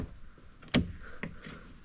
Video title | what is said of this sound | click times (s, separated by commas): 2025 Pro R 6000 LB Winch Install!! | kind of run it till it clicks into place. | 0.8 s